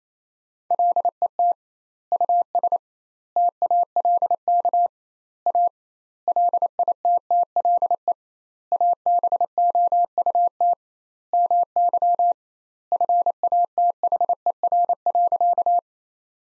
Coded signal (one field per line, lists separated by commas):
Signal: Morse code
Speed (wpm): 28 wpm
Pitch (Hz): 700 Hz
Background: none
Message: LET US TALK A LITTLE ABOUT MY FATHER.